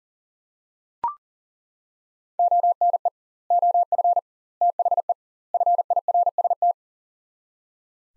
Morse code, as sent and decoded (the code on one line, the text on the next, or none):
--- -. . / --- ..-. / - .... . / ..-. .. .-. ... -
ONE OF THE FIRST